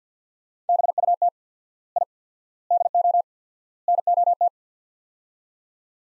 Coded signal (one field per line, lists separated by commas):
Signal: Morse code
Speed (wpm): 49 wpm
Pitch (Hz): 700 Hz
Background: none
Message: BUT I DO NOT